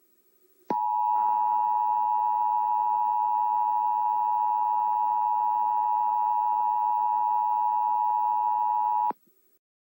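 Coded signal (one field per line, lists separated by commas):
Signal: Emergency Alert System (SAME) tones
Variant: 853 and 960 Hz attention tone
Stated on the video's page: Recreation of a Chicago Required Monthly Test; not a live broadcast.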